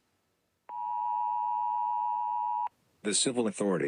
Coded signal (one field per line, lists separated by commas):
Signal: Emergency Alert System (SAME) tones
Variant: 853 and 960 Hz attention tone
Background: speech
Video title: EAS Scenario-- VIBE CHECK